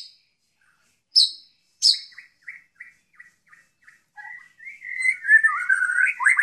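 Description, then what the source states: White-rumped shama song: a few sharp high notes and soft short chips, building into a louder, fast, warbling run of whistles at the end. Song style called 'tembakan', with canary (kenari) and kingfisher (tengkek) phrases worked in.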